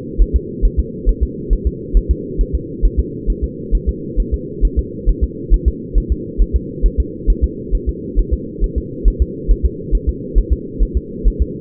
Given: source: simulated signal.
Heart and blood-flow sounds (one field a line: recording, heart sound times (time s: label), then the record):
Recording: fetal heart sounds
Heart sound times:
0.21 s: S1
0.36 s: S2
0.65 s: S1
0.80 s: S2
1.09 s: S1
1.23 s: S2
1.53 s: S1
1.67 s: S2
1.97 s: S1
2.11 s: S2
2.41 s: S1
2.55 s: S2
2.85 s: S1
3.00 s: S2
3.30 s: S1
3.44 s: S2
3.75 s: S1
3.89 s: S2
4.20 s: S1
4.34 s: S2
4.65 s: S1
4.79 s: S2
5.09 s: S1
5.24 s: S2
5.54 s: S1
5.68 s: S2
5.98 s: S1
6.12 s: S2
6.42 s: S1
6.56 s: S2
6.86 s: S1
7.00 s: S2
7.30 s: S1
7.44 s: S2
7.75 s: S1
7.89 s: S2
8.19 s: S1
8.33 s: S2
8.64 s: S1
8.78 s: S2
9.08 s: S1
9.22 s: S2
9.51 s: S1
9.65 s: S2
9.95 s: S1
10.09 s: S2
10.38 s: S1
10.52 s: S2
10.83 s: S1
10.97 s: S2
11.27 s: S1
11.42 s: S2
From the record:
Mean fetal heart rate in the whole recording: 135 bpm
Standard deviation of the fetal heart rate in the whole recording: 3 bpm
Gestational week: 36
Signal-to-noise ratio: -4.1 dB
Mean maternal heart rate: no maternal heart sound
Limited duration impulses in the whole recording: absent